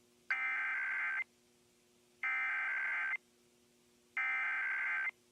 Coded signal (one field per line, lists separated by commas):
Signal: Emergency Alert System (SAME) tones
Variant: header bursts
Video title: Iowa Required Monthly Tests (EAS #50-51)